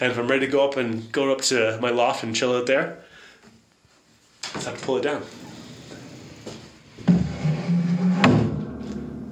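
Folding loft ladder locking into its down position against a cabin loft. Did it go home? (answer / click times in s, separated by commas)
yes / 8.2 s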